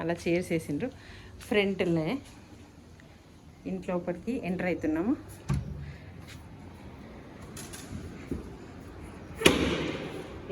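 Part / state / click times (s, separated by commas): door lock latching in a villa entrance door / seated / 9.5 s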